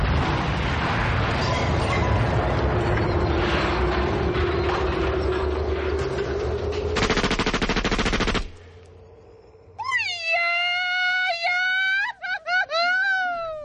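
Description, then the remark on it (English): An old-school sound effect: a dense, loud burst of machine-gun fire rattles for several seconds. After a short lull, a high, wavering Mexican-style yell rises and warbles with strong vibrato, ending in a few broken cries. “Hey, Tommy, can you take me out old school and with a machine gun and a yell from Mexico?”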